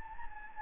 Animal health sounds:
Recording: mosquito wingbeat signal from an infrared sensor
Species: Anopheles gambiae

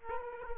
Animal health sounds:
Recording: mosquito wingbeat signal from an infrared sensor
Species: Aedes aegypti

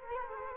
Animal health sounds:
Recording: mosquito wingbeat signal from an infrared sensor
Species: Culex quinquefasciatus

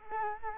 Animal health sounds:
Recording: mosquito wingbeat signal from an infrared sensor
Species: Culex quinquefasciatus

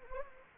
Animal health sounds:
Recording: mosquito wingbeat signal from an infrared sensor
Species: Anopheles gambiae

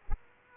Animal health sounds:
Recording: mosquito wingbeat signal from an infrared sensor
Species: Aedes aegypti

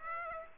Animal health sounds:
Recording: mosquito wingbeat signal from an infrared sensor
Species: Aedes aegypti

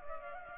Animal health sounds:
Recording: mosquito wingbeat signal from an infrared sensor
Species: Culex pipiens

